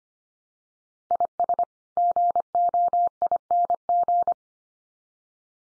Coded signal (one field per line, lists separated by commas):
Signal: Morse code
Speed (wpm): 25 wpm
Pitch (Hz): 700 Hz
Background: none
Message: IS GOING